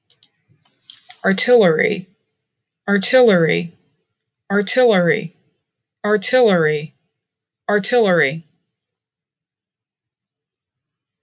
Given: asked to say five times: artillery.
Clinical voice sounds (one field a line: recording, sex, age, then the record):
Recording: repeated word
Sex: female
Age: 40 to 49 years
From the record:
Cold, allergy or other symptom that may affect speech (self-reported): no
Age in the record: 42 years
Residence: Illinois, United States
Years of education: 14